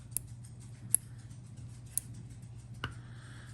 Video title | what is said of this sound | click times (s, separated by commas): Piscifun Carbon XCS | they make a nice little click when you pop them on and off. | 0.2 s, 0.9 s, 2.0 s, 2.8 s